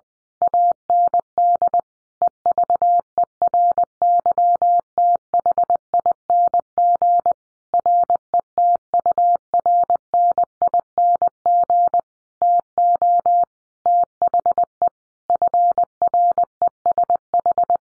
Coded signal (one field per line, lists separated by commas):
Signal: Morse code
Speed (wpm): 20 wpm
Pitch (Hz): 700 Hz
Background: none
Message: AND EVERYTHING RETURNING TO THE FRESH